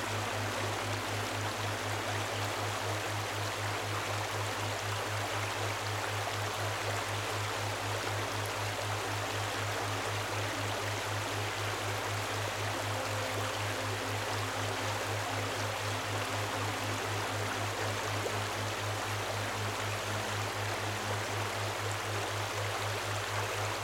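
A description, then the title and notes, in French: Water flows in a steady, dense rush that fills the whole clip without pause, bright and hissing on top. A constant low hum sits beneath it, and faint, soft sustained musical tones drift in the middle range, a little clearer in the second half. Plongez dans un univers sonore unique composé d'une musique douce et du son apaisant de l'eau en écoulement.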